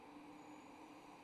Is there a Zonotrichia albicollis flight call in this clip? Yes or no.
no